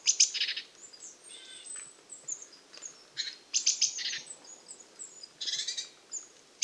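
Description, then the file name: Eurasian blue tit giving harsh, buzzy bursts at irregular intervals, with a brief higher tonal note between them. "Cyanistes caeruleus"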